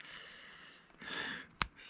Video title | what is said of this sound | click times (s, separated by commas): Underground A-Frame - MC4 Connector Crimping and Details for Solar Charged LiFePo4 Based System | snaps into place | 1.6 s